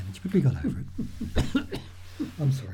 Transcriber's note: coughs